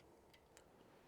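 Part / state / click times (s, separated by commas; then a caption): base plate onto pistol magazine body / seated / 0.6 s. A magazine base plate is slid onto a Smith & Wesson M&P9 Shield M2.0 pistol magazine body during reassembly, after the spring is reinserted. A soft tick at 0.3 s is followed by a sharp, bright click at 0.6 s as the plate locks into place, and the magazine is complete.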